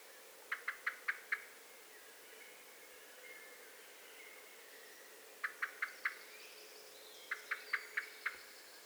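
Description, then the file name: Eurasian blackbird giving three short bursts of four or five quick clicking notes, separated by pauses, over quiet background hiss. "Turdus merula"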